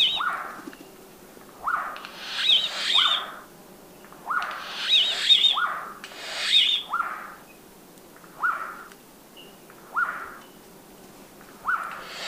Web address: Natures Songs S America Birds of Ecuador Turquoise Jay